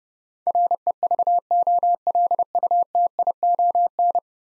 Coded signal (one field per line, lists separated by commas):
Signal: Morse code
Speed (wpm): 30 wpm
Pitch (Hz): 700 Hz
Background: none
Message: REVOLUTION